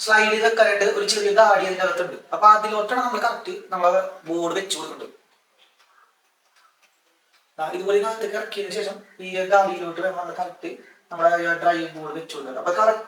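An LED driver board is being lined up with the slide groove inside an aluminium LED bulb housing before it is pushed home. Someone talks for most of the clip, with a silent gap from about 5.2 to 7.6 seconds and no impacts or clicks heard. Nothing has seated or clicked yet.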